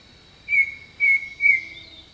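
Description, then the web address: Bird giving three bright, steady whistled notes in rapid sequence while insects drone continuously in the background. Jungle birdsong. "Echoes of Nature - Jungle Talk Jungle Birdsong"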